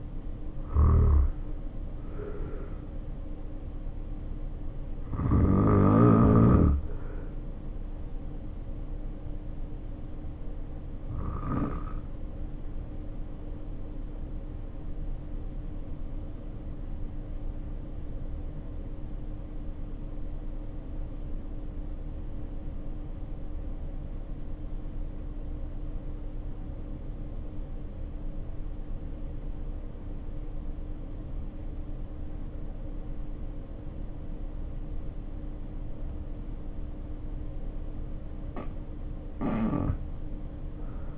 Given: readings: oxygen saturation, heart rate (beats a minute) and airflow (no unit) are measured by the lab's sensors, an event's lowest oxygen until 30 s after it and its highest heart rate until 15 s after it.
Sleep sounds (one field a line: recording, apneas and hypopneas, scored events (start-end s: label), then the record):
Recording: breathing in sleep by a smartphone at the bedside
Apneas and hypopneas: 1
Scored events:
12.00-37.20 s: obstructive apnea (N2, oxygen 95% highest, then 75% lowest, heart rate 50 at the start, 79 highest)
From the record:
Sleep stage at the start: N2 (light sleep)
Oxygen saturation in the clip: 80 to 95%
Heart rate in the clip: 50 to 68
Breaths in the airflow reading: 3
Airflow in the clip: -3.9 to 5.6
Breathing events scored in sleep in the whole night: 520 in 7.2 hours asleep